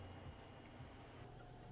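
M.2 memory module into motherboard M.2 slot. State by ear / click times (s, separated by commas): not seated / none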